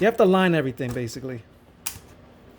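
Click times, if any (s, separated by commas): 1.9 s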